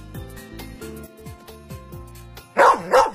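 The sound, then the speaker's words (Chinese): A short plucky melodic tune plays, then a dog lets out two loud, sharp barks in quick succession at the end, in a Beijing radio advert for Wuliangye Year of the Dog zodiac liquor. “对，狗年送金狗酒，狗年旺旺旺。”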